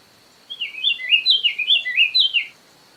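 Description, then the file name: Song of a Diademed tanager: a brisk chain of several slurred, rolling notes lasting two seconds, with a faint high steady tone in the background. "sanhaco frade"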